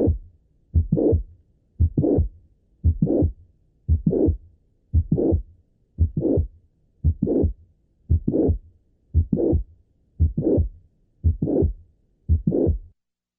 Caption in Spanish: El soplo se inicia con un chasquido mesosistólico y la evidencia reciente indicaría que también este chasquido puede ser producido tanto por la válvula mitral como por las cuerdas tendinosas. Son sistólicos, de intensidad máxima a nivel de la punta, siendo de tono alto y soplantes.